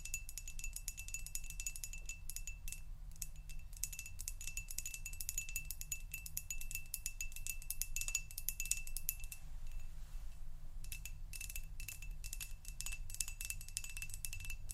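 Dense, rapid tapping with bright clicks and a steady high ringing tone, over a constant low rumble, briefly thinning around ten seconds.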